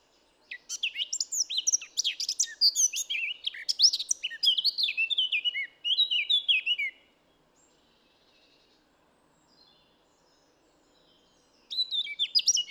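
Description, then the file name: Eurasian blackcap song: a hurried scratchy warble lasting about six seconds, followed by quiet, then a new phrase starting at the end. "Sylvia atricapilla"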